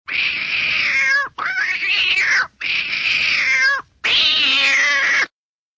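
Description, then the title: Domestic cat giving four loud, drawn-out wailing meows, each over a second long with wavering pitch, separated by brief breaths. "kucingku"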